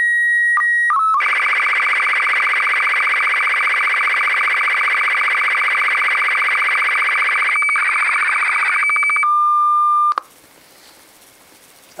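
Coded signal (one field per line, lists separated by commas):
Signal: SSTV (slow-scan television)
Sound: short high lead tone, then six seconds of warbling chirpy tones, quick pulses, steady low tone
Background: hiss at end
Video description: so they can hear what a Japanese ending would sound like to my hearing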